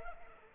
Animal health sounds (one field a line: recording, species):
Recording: mosquito wingbeat signal from an infrared sensor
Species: Culex pipiens